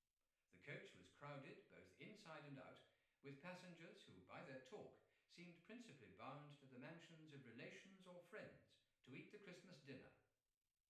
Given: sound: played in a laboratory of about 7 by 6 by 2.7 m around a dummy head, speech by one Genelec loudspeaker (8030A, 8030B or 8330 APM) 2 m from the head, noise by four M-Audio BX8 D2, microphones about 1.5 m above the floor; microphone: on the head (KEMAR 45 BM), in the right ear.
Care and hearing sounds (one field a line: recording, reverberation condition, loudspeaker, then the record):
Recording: male speech in English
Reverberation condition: medium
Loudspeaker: behind (180 degrees)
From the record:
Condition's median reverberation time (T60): about 510 ms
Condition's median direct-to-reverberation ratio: about -0.5 dB